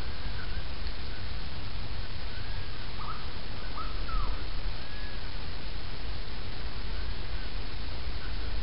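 Bird calls: a few short, clear arched notes cluster around the middle, over steady low rumbling background noise.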